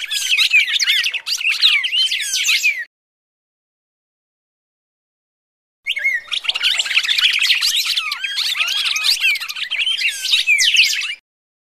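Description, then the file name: Red-crested Cardinal fighting calls in two bursts of rapid chirping and whistled notes, separated by about three seconds of silence. Fighting (tarung) call style. "suara burung red crested cardinal tarung omkicau"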